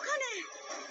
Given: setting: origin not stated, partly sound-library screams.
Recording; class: one-second piece from a danger detection set; woman in danger